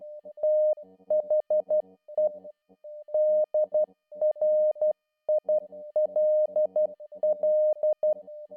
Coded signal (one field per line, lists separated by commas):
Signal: Morse code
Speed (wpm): 12 wpm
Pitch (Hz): 610 Hz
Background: music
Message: THE DRILL